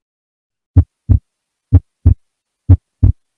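Simulated heart sounds at about 60 beats a minute, with the second heart sound split into two components. This is wide splitting of S2: the split is wide in both inspiration and expiration, equally wide in each, as typically found in right bundle branch block (RBBB) and pulmonary stenosis.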